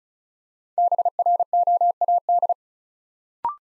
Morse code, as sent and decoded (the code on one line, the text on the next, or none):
-... .-. --- .- -..
BROAD